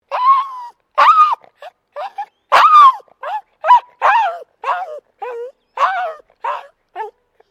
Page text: DOG MALTESE TERRIER DISTRESSED WHINE. Small dog in distressed state